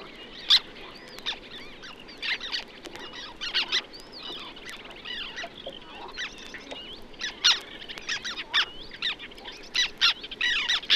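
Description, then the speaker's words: Black Tern calls: many grating, sliding notes from a flock, coming in overlapping bursts throughout. A group calling while hunting insects; breeds sparsely in northern Germany on floating nests, nesting in colonies. "Zunächst die Trauerseeschwalbe, eine spärlich in Norddeutschland auf schwimmenden Nestern brütende Art von schwärzlicher bis schiefergrauer Färbung. Lauschen wir einer Gruppe bei der Insektenjagd."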